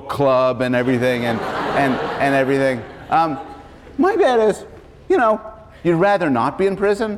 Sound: laughter

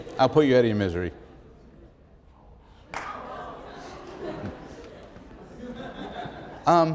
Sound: laughter

